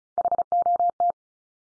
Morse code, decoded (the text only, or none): HOT